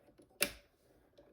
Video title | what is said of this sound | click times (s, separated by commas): Cricut Pens! How to use the Draw and Cut Feature in Design Space | once you hear the click close that up and you are ready to go | 0.4 s